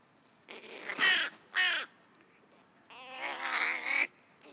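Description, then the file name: Carrion crow giving harsh, hoarse caws: two short caws followed after a pause by a longer drawn-out rasping caw. "Corvus corone"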